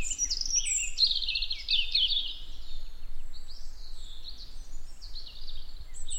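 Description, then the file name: European robin opening with a loud, rich warbled phrase, followed by softer, thinner high notes and slurs, against a low droning background. "Erithacus rubecula"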